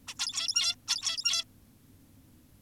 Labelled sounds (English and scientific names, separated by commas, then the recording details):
Zebra Finch (Taeniopygia guttata)
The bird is an adult
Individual g17y2U